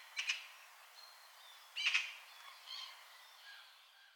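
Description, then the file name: Eurasian magpie uttering two short, harsh rasping notes about a second and a half apart, followed by softer faint calls over a hissy background. "Pica pica"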